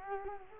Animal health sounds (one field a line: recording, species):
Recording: mosquito wingbeat signal from an infrared sensor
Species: Culex quinquefasciatus